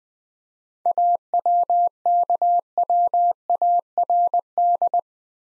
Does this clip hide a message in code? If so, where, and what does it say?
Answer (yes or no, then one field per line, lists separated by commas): yes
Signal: Morse code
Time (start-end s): 0.9-5.0 s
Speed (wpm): 20 wpm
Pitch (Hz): 700 Hz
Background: none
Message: AWKWARD